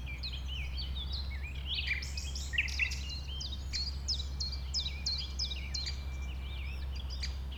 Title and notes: Un Rossignol Envers Et Contre Tout. nous avons soutenu les efforts d'un rossignol venu avec quelques autres s'installer sur les rives d'un ruisseau formant un étang à 1500 mètres de l'A 20. Ces moments ont été enregistrés vers 8h le dimanche 12 avril